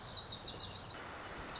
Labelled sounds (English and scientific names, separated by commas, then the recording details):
Lazuli Bunting (Passerina amoena)
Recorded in Sonoma County, California